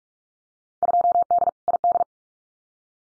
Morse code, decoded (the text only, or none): 2D ID